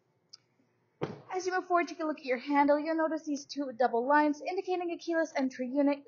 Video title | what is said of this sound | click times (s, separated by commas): 2021 Toyota Highlander XLE Tour | Just as easily unclicks here, and then it puts flush into the side. | 0.3 s